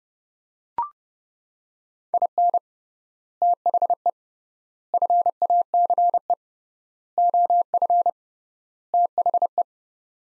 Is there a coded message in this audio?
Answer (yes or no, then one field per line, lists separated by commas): yes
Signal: Morse code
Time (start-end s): 2.1-9.6 s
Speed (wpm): 32 wpm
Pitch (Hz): 700 Hz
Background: none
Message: IN THE FACE OF THE